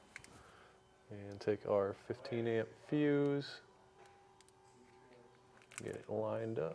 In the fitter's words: now we're ready to install our fuse we'll just pop our lid off of our fuse holder here